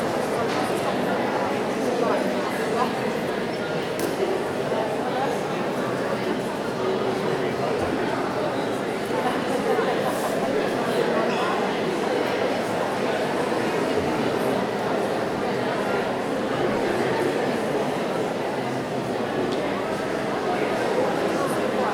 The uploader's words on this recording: Captured in a city centre shopping mall. The mall is busy with people seeking out bargins in the post-Christmas sales.